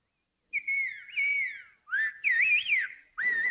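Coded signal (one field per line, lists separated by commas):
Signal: whistled language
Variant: Silbo Gomero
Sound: three bursts of loud gliding whistles rising and falling in pitch, like whistled speech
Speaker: So long ago, the Gomez contrived an extraordinary form of telephonic speech, whistling, which can be understood over a distance of 3 miles.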